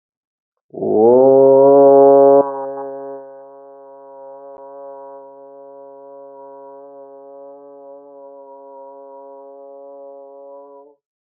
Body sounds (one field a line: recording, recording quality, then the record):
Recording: sustained vowel as in boot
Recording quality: excellent, no background noise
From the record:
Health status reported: healthy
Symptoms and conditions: none ticked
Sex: male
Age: 37 years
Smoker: not ticked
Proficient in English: yes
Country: India